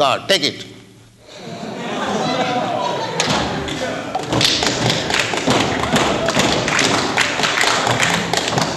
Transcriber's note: laughter; claps